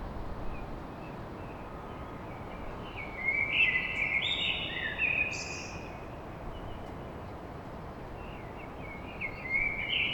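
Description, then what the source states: Common blackbird singing a mellow, flowing phrase that ends in a high squeaky twitter, then starting another, with broad background rumble throughout. Blackbird song at dawn in Paris.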